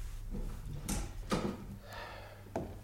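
A person settles back into an invalid's chair: a few short creaks and soft knocks spread over a couple of seconds, with a steady low hum underneath and no talking.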